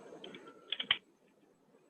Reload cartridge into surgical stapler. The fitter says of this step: yeah that click sound should come then only you see that it is fitting properly yeah yes